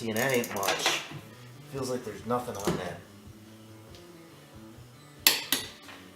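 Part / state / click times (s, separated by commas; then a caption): lug nut on wheel stud, torqued with torque wrench / torque reached / 5.3 s, 5.5 s. Someone talks as a lug nut on a Nissan Xterra wheel stud is tightened with a torque wrench set to 84 ft-lb. The wrench double-clicks sharply at 5.3 s and 5.5 s, and the nut is judged good rather than stripped.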